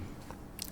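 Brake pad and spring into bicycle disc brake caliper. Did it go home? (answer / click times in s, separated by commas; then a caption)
yes / 0.6 s. Disc brake pads with their spring are squeezed together and pushed into a bicycle's disc brake caliper, with low rumbling handling noise and a soft knock at 0.3 s. A sharp click at 0.6 s, followed by a smaller tick at 0.7 s, marks the pads seating in the caliper.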